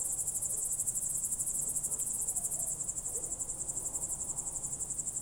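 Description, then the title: Crickets chirp in a high, regular, rapid pulse throughout, over a low, quiet background hum. Crickets recorded at night through a window in Goworów, Poland, late evening of 18 July 2022, World Listening Day, with a Zoom F4 and AT BP4025. "Goworów 6, 57-515, Poland - World Listening Day/Night 18/07/2022-night crickets"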